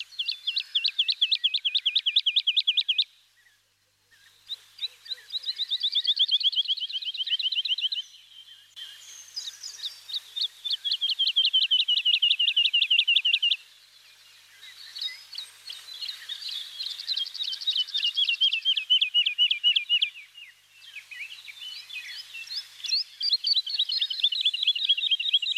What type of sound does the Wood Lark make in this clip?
song